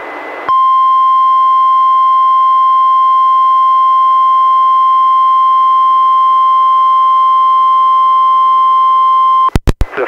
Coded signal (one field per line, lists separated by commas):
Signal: Emergency Alert System (SAME) tones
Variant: 1050 Hz attention tone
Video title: EAS #478-487: NWR 9 Special Marine Warnings and 1 Tornado Warning- Mar. 19, 2021